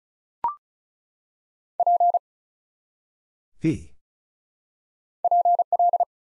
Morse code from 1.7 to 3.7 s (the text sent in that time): P